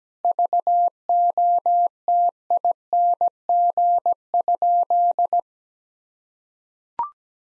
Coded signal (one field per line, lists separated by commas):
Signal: Morse code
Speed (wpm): 17 wpm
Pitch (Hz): 700 Hz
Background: none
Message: VOTING?